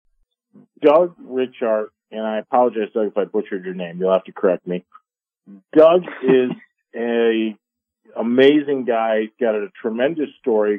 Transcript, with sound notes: Doug Richart. And I apologize, Doug, if I butchered your name. You'll have to correct me. Doug-
(laughs)
... is a amazing guy, he's got a tremendous story.